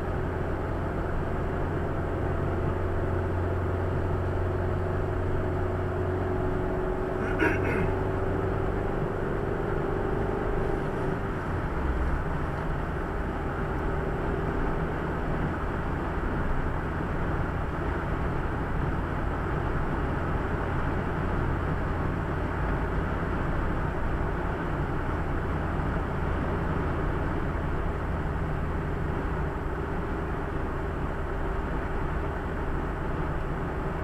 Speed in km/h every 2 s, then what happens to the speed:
67, 68, 69, 71, 74, 76, 74, 76, 78, 79, 81, 81, 79, 77, 75, 74, 73.
0-20 speeds up to 81. 20-34 slows to 73.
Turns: none.